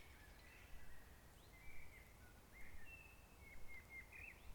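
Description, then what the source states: Bird song: thin whistled notes and short warbled phrases, faint over constant low-pitched background noise. In forest.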